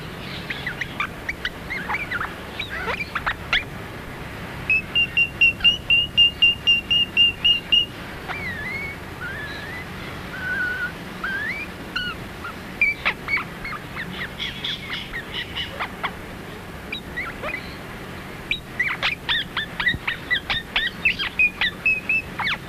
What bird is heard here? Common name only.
Australian Ringneck